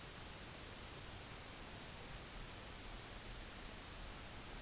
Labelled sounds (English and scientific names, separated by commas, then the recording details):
none
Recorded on Arctic tundra, site UTQI-5, on 23 June 2018
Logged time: 04:00